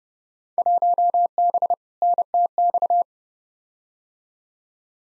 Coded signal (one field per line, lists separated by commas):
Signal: Morse code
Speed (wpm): 31 wpm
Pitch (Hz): 700 Hz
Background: none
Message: 1B NTX